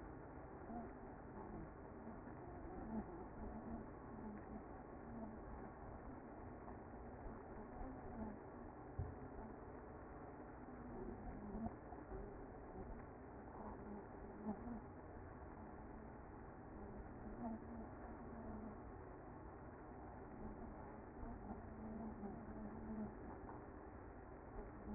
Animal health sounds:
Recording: honeybee colony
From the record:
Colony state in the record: active

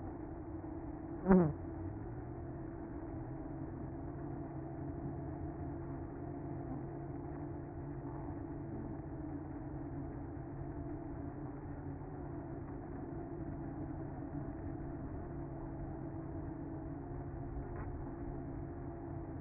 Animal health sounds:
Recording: honeybee colony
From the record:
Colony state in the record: active

